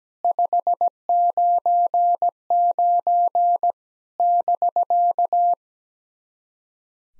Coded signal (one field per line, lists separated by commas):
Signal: Morse code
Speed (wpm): 17 wpm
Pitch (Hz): 700 Hz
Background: none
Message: 599 <BK>